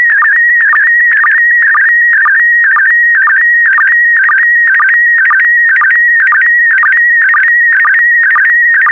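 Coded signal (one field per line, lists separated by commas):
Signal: SSTV (slow-scan television)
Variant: PD120 mode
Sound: warbling steady tone around 2 kHz with a rhythmic low blip about twice a second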